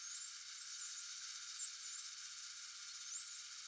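Common dolphin whistles: high wavering tones sweeping up and down, overlapping, with a brief louder burst near the end over background hiss.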